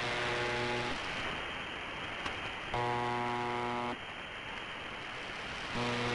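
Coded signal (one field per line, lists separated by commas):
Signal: channel marker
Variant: UVB-76 (The Buzzer)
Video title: More MDZhB-UVB-76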